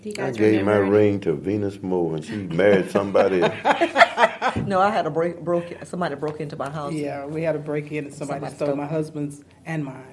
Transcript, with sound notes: I gave my ring to Venus Moore and she married somebody else…
(laughter) No, I had it–somebody broke into my house.
Yeah, we had a break in and somebody stole my husband’s and mine.